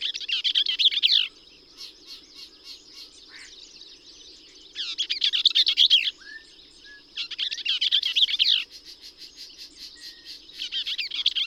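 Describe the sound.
Bell's vireo giving repeated rapid, buzzy, jumbled phrases with softer chatter between them, plus a faint steady high-pitched drone.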